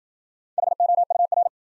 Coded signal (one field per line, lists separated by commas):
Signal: Morse code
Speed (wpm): 52 wpm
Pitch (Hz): 700 Hz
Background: none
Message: HOUR